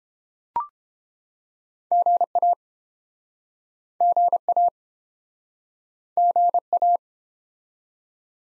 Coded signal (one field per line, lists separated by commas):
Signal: Morse code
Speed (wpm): 30 wpm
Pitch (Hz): 700 Hz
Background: none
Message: GA GA GA